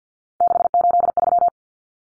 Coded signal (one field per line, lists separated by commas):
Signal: Morse code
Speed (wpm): 50 wpm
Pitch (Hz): 700 Hz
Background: none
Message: 683